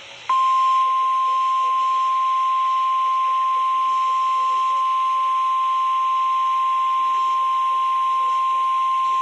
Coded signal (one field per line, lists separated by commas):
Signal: Emergency Alert System (SAME) tones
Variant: 1050 Hz attention tone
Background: speech